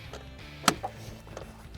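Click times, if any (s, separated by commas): 0.7 s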